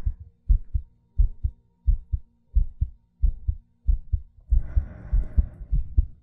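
Low, paired thumps repeat steadily at roughly 85–90 a minute, a plain lub-dub heartbeat heard close up. Near the end a soft, airy breath sound rises over the beats, then fades. An ASMR-style heartbeat with breathing.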